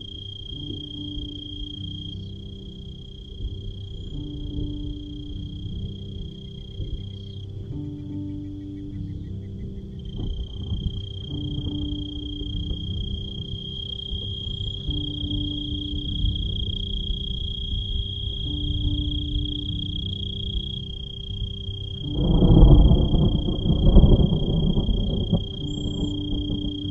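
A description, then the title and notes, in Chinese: A steady high cricket trill rings from the grass throughout, over a low rumbling hum, with a louder rustling burst around twenty-two seconds. 大自然声音助眠：草丛蛐鸣。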